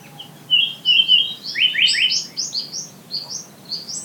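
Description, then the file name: Japanese paradise flycatcher singing a few lower whistled notes followed by a fast series of repeated higher notes. "sankocho"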